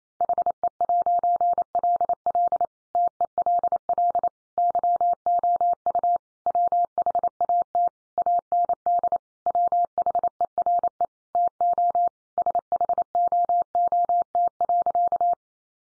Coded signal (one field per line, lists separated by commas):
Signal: Morse code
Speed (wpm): 28 wpm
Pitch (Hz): 700 Hz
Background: none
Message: HE'LL TELL YOU WHAT AND WHERE TO SHOOT.